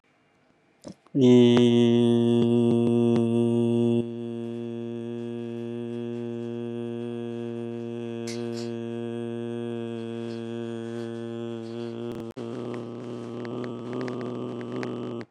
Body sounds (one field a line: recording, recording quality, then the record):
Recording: sustained vowel as in beet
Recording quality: excellent, no background noise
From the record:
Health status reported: healthy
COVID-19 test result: negative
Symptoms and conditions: cold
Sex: male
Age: 48 years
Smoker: not ticked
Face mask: worn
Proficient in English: yes